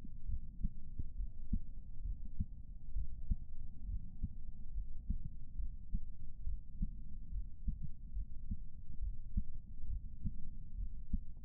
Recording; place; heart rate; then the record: heart sounds by stethoscope; pulmonary valve (PV); 67 bpm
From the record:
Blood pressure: 118/72 mmHg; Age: 56 years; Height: 145 cm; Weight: 55 kg